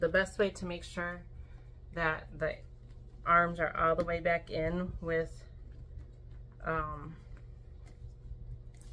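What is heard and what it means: Someone talks while handling a doll whose arm had partly popped out of the shoulder socket of its plastic body frame because it wasn't put all the way in, working to push it back in. A few faint handling taps follow near the end, but the arm has not yet clicked or seated into the shoulder joint.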